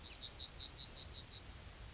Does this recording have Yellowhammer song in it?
yes